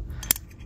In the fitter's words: it clicks in kind of place and you can see that it kind of sits nicely it'll sit flat